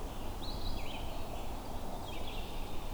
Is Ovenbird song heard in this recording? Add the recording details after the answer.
no. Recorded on 21 June 2016 at 07:15. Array SBT-6-76